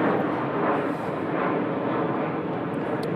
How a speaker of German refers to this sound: Startende Flugzeuge sind extrem nervig. Da könnte ich auch einen langen Horn aufnehmen, wenn ich Flugzeuge haben wollte.